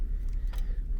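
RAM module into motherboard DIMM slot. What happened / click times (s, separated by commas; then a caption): The memory module latched into its slot / 0.5 s. A RAM memory module is pushed down on both ends into the second DIMM slot of a motherboard, over a steady low rumble. At 0.5 s a short, bright click sounds as the plastic retention clip snaps over the edge and the stick latches, seated.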